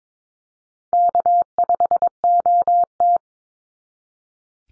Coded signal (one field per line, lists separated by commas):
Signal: Morse code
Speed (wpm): 22 wpm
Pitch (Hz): 700 Hz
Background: none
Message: K5OT